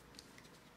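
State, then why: Not seated. An iPhone 3GS is pushed down into the base of a plastic Case-Mate Fuel Lite battery case, its dock connector moving toward the case's connector. Only faint handling ticks are heard, around 0.2 s and 0.4 s, over a low steady background. Nothing has seated or clicked yet.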